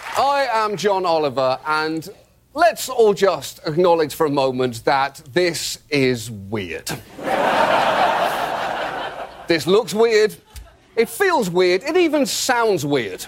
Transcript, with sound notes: I am John Oliver and let's all just acknowledge for a moment that this is weird. (LAUGHTER) This looks weird, it feels weird, it even sounds weird.